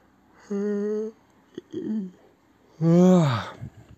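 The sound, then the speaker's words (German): A voiced yawn: a short, steady hum first, a breathy catch, then a louder drawn-out groaning exhale that slides down in pitch before trailing off. No talking. “Ja, morgen ist Wochenende und in 2 Wochen habe ich Geburtstag und wieder ein Jahr vorüber und ich muss jetzt nochmal gähnen.”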